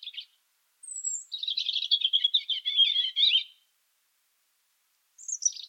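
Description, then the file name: European robin gives a brief high note, then a long liquid trill of about two seconds, and after a pause a short, descending, high flourish. "Erithacus rubecula"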